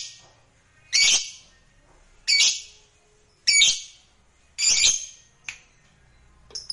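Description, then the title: Lovebird squawks: four loud harsh, shrill bursts a little over a second apart, then two shorter, softer squeaks. Lovebird sound used to stimulate lovebirds. "Suara Lovebird"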